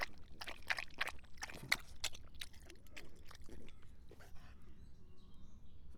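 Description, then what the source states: Dog lapping water, a few irregular wet splashy licks in the first two seconds, then softer slurping with low background rumble. Drinking.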